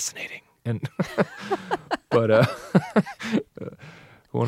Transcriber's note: soundbite of laughter